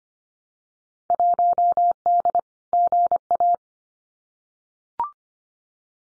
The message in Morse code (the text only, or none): 1D GA